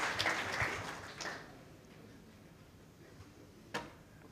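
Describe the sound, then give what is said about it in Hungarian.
A brief, light round of audience applause: a dense patter of claps for about a second before fading, then near-quiet with one sharp knock toward the end. “Ez az, tapsot kérünk.”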